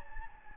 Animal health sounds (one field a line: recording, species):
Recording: mosquito wingbeat signal from an infrared sensor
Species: Anopheles gambiae